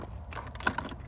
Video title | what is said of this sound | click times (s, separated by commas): Foldable scooter with a removable seat? - Review of the Kugoo Kirin M4 Pro | and now it's locked in place and then you just come over here and push the pin | 0.7 s